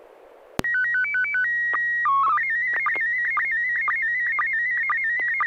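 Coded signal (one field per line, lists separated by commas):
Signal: SSTV (slow-scan television)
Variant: PD 120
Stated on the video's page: SSTV net held weekly on an FM repeater on 441.300 MHz in Sacramento, sent with MMSSTV software.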